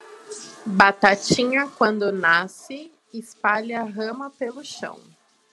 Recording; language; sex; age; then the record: short text; Brazilian Portuguese; female; 20 to 29 years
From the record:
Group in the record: control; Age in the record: 23 years